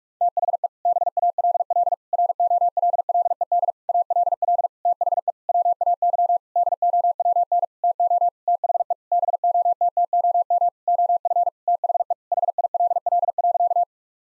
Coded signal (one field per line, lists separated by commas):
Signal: Morse code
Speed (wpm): 46 wpm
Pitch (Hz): 700 Hz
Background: none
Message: THE BALL ROLLED ALL THE WAY DOWN TO THE BOTTOM OF THE HILL.